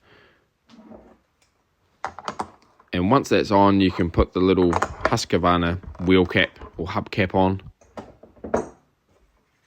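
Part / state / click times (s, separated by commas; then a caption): plastic hub cap onto robot mower drive wheel / not seated / none. A plastic Husqvarna hub cap is handled at the drive wheel of a robot mower after the wheel nut has been tightened, while someone talks throughout. Brief handling knocks occur around 2.0 to 2.9 seconds and again near 8.0 and 8.5 seconds. Nothing has seated or clicked yet by the end of the clip.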